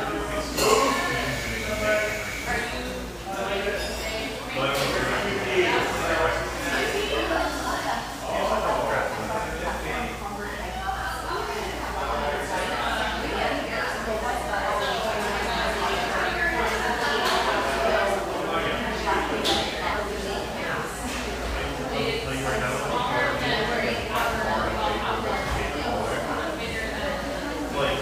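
Coffeehouse chatter during a mid-morning lull: many overlapping voices talk steadily at once with no pause, forming a dense murmur. Short bright clinks and clatters of cups or dishes pop up every few seconds, over a constant low hum underneath.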